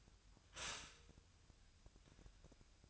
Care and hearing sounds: daily activity, microphone in the room; stop toaster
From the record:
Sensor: 2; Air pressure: 1001.8 hPa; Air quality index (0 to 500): 244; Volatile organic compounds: 36 ppm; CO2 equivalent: 3082 ppm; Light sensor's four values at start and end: 10/31/12/12 and 10/31/12/12

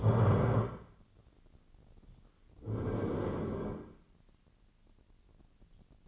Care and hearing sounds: daily activity, microphone in the room; stand up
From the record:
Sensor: 4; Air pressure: 1010.0 hPa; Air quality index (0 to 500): 197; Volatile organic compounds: 3 ppm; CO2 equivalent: 1414 ppm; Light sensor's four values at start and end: 38/93/38/41 and 38/93/39/41

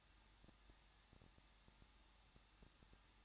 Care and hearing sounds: daily activity, microphone in the room; no activity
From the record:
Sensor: 3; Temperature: 21.2 degrees Celsius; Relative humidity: 36.2%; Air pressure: 1006.4 hPa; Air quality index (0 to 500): 221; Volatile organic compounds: 40 ppm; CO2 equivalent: 3140 ppm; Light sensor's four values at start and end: 2/3/2/2 and 2/3/2/2

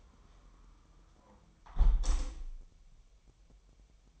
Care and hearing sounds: daily activity, microphone in the room; close window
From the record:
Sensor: 1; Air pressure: 1000.0 hPa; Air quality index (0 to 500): 236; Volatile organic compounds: 106 ppm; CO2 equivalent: 3794 ppm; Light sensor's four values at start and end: 11/27/11/12 and 10/26/10/11

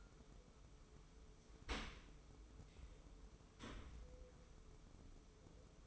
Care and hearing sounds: daily activity, microphone in the room; open dishwasher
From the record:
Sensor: 1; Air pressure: 995.8 hPa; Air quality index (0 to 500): 59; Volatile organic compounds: 2 ppm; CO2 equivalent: 1150 ppm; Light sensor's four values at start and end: 32/111/43/45 and 32/110/42/44

